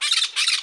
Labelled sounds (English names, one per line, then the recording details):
Brown-throated Parakeet contact call
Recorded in Margarita
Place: San Francisco, near stadium
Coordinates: 11.018, -64.294